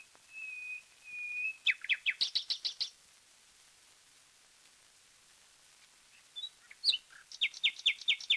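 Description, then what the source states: Common nightingale song: two long pure whistles, a fast repeated series of notes, silence, then another burst of rapid repeated notes. Taken from a 1936 disc of wild bird songs, side A.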